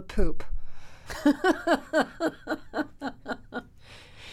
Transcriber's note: laughter